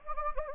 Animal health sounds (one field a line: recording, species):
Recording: mosquito wingbeat signal from an infrared sensor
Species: Anopheles gambiae